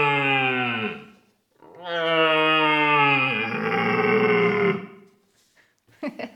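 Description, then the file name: Red deer roaring: a short, harsh, richly harmonic bellow, a pause, then a longer drawn-out roar that roughens toward its end. Medium-sized stag. "mittlerer hirsch"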